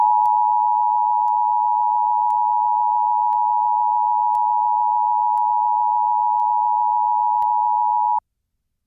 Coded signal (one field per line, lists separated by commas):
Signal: Emergency Alert System (SAME) tones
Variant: 853 and 960 Hz attention tone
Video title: Severe Thunderstorm and Tornado Warning on WPOZ-FM (EAS #981-982)